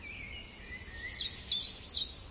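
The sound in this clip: Bird chirping: several high, downslurred chirps, with a soft lower whistled note early on.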